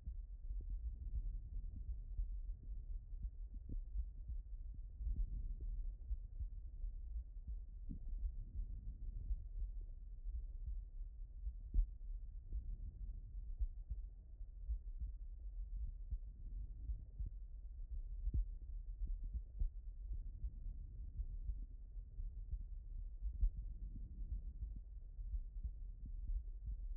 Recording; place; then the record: heart sounds by stethoscope; aortic valve (AV)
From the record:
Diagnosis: non-HFrEF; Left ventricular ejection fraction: 65%